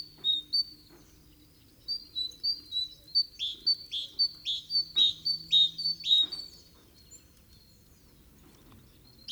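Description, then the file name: Great tit giving a couple of sharp high notes, then a long rhythmic run of many high chirps that stops abruptly, over a faint low hum. "Parus major"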